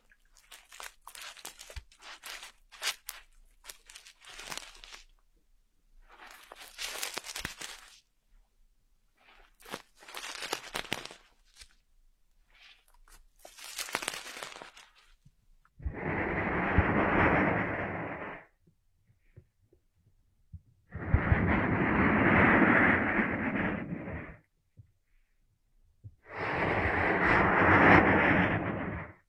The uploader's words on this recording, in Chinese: 按摩耳朵，一些让人放松的声音。